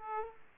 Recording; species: mosquito wingbeat signal from an infrared sensor; Aedes aegypti